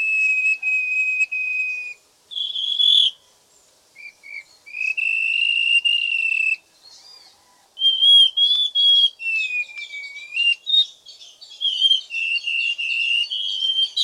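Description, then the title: White-rumped shama song of long steady whistles followed by quicker, varied whistled phrases and chips, with a few brief pauses. Singing (kicau); local name murai hitam. "kicau burung murai hitam"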